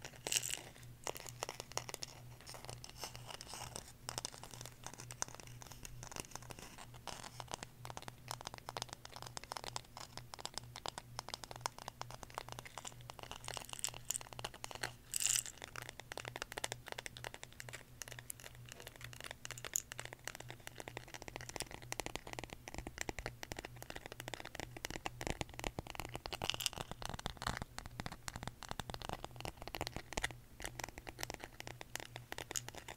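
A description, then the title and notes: ASMR tapping in dense, rapid, irregular clicks and crinkly scratches throughout, over a steady low hum, with a sharper burst around fifteen seconds. ASMR Tapping For Sleep (No Talking).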